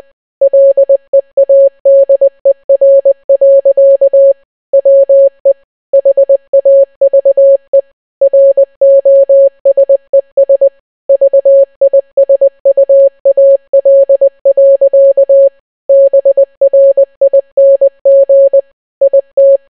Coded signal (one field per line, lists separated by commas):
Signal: Morse code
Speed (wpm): 20 wpm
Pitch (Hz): 550 Hz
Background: none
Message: LEADER. WE HAVE ROSES VISUAL. BRING IT